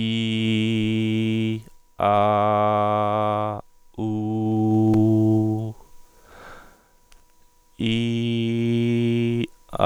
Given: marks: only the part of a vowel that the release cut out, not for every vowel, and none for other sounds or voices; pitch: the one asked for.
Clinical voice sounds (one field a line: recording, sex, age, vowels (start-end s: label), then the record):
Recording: sustained vowels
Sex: male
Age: 30 to 39 years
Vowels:
0.00-1.44 s: vowel /i/, normal pitch
2.12-3.39 s: vowel /a/, normal pitch
4.15-4.93 s: vowel /u/, normal pitch
7.95-9.37 s: vowel /i/, high pitch
From the record:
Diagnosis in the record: spasmodic dysphonia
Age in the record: 35 years